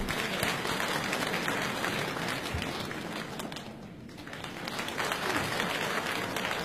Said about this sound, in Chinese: 那么下面呢，我们再请他们出来为大家表演他们的加演小段，大家 掌声有请两位。